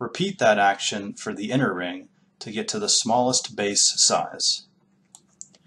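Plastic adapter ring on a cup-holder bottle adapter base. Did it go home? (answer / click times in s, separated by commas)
released / 5.2 s, 5.4 s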